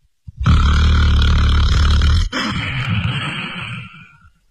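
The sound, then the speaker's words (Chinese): A voice imitates the loud night-time snoring of Lu Zhishen: a long, rough, rumbling inhale that breaks off sharply, followed by a wheezy, airy exhale that trails away. “就听见从这屋子里边传出来阵阵鼾声”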